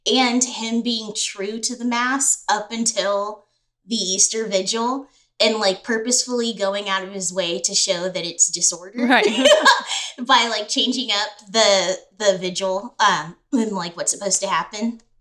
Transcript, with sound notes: And him being true to the mass up until the Easter Vigil and purposefully going out of his way to show that it’s disordered [chuckle] by changing up the vigil and what’s supposed to happen.